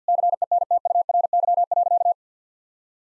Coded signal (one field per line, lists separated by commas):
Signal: Morse code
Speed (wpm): 50 wpm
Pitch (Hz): 700 Hz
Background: none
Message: CENTURY.